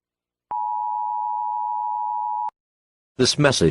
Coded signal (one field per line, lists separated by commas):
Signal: Emergency Alert System (SAME) tones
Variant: 853 and 960 Hz attention tone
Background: speech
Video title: EAS Scenario 2: Helluva Boss Massacre!